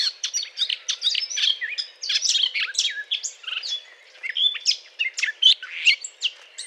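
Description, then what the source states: Eurasian blackcap song, a hurried, scratchy warble sprinkled with high whistled notes. Courtship song.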